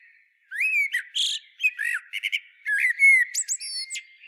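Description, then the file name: Common blackbird calls in a steady run of squeaky, chattering notes mixed with brief thin whistles and upslurred squeaks, almost without pause. "Turdus merula"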